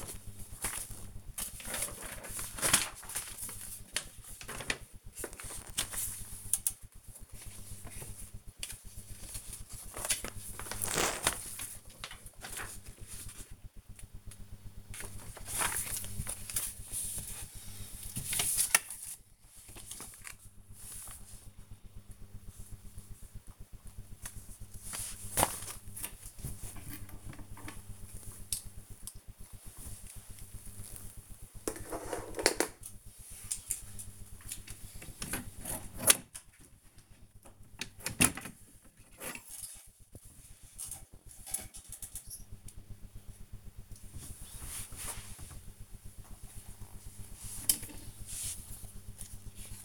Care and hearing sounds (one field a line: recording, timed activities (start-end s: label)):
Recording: household activities, microphone on the right wrist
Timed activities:
0.00-49.85 s: sorting documents